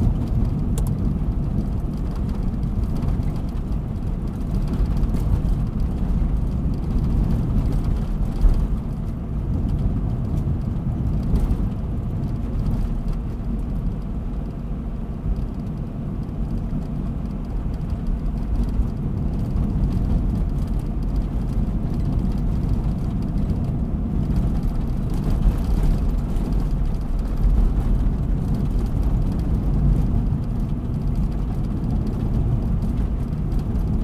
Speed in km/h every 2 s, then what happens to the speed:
56, 55, 56, 55, 56, 56, 57, 57, 58, 57, 57, 57, 56, 57, 56, 58, 58.
0-34 steady at about 57.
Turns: none.